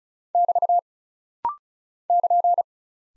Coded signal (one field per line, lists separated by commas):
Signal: Morse code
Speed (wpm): 36 wpm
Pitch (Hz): 700 Hz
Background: none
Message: <BT> <KN>